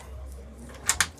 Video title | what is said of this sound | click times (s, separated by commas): Axopar 29 XC Cross Cabin - The Result of 10 years of Innovation | also, if you see how easily I'm securing this one, this is now with a quick lock with a magnet, so it just snaps in place, and there you have it. | 1.0 s